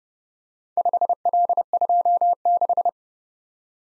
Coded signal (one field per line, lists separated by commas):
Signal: Morse code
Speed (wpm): 29 wpm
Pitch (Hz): 700 Hz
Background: none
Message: 5L26